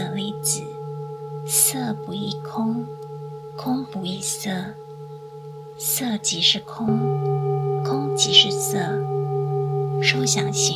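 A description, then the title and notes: Singing bowls ring with a steady low hum and clear higher overtones that sustain throughout, with a fresh strike just before the seventh second making the tone louder. A man speaks over the ringing in short phrases with frequent pauses. 108次般若波羅蜜多咒丨心經丨頌缽丨冥想丨祈禱丨Singing Bowls丨The Heart Sutra.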